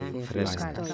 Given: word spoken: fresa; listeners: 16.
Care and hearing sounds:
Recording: one Spanish word in noise, from a listening test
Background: four-talker babble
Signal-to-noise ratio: -1.1 dB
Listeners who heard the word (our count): 0 of 16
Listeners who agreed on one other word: 7 of 16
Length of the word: 0.54 s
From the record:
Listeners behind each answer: 7, 5, 1, 1, 1, 1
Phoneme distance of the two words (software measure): 24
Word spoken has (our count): 2 syllables, 5 phonemes, stress on syllable 1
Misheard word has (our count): 2 syllables, 7 phonemes, stress on syllable 1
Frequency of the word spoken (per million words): 2.99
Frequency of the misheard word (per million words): 9.79

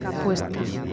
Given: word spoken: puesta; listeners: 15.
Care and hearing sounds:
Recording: one Spanish word in noise, from a listening test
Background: eight-talker babble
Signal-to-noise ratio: 0.5 dB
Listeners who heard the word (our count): 2 of 15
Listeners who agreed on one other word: 11 of 15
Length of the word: 0.53 s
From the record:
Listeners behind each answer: 11, 2, 2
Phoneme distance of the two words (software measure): 7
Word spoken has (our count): 2 syllables, 6 phonemes, stress on syllable 1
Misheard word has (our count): 3 syllables, 7 phonemes, stress on syllable 2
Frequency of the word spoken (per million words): 50.07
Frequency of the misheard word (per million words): 15.86

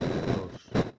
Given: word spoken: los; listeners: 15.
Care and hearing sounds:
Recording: one Spanish word in noise, from a listening test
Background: noise modulated by one talker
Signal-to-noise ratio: -9.3 dB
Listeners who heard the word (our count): 0 of 15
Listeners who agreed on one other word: 12 of 15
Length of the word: 0.59 s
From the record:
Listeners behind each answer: 12, 1, 1, 1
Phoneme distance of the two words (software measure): 10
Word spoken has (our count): 1 syllable, 3 phonemes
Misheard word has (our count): 1 syllable, 3 phonemes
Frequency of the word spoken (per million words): 17164.95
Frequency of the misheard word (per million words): 1497.38

